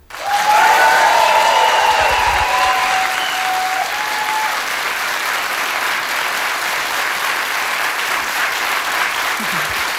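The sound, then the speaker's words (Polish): A studio audience in the Agnieszka Osiecka studio of Polish Radio Program 3 breaks into loud, sustained applause as a trial run of clapping for the band about to play. A few high whistles and cheers ride over the clapping early on before it settles into steady hand-clapping. “I w sumie czuję się okropnie jako gospodyni wieczoru, że nie zrobiliśmy próby oklasków dla naszej fantastycznej tutaj grupy, więc na wszelki wypadek dla mojego spokoju.”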